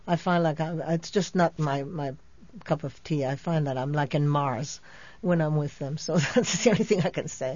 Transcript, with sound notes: I find that it's just not my cup of tea. I find that I'm like in Mars when I'm with them. ( she laughs ) So that's the only thing I can say.